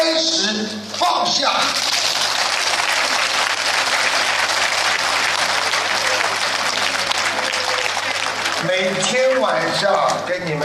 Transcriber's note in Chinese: 掌声